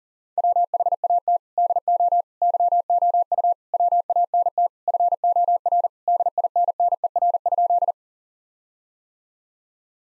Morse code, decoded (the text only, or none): WHAT DO YOU WANT FOR DINNER?